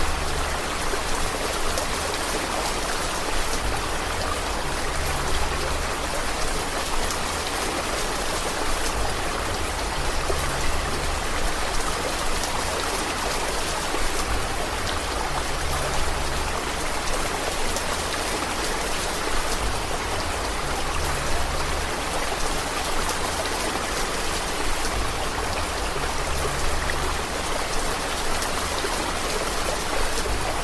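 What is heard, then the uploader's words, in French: Rain drums steadily on a roof, a dense, even patter of countless drops with no let-up across the whole half minute. Beneath the bright hiss sits a soft low rumble that swells faintly every few seconds, like water running off the roof. Pluie qui tombe du toit. Lorsqu'elle tombe du toit, elle crée un son doux et régulier qui invite à la détente. Écoutant les gouttes de pluie tambouriner sur le toit.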